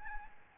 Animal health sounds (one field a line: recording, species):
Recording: mosquito wingbeat signal from an infrared sensor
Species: Aedes albopictus